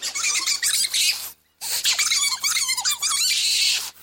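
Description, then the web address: Bobcat squealing calls, a quick series of harmonic rising-and-falling squeaks, one burst, a short gap, then another. "doublenight bobcat"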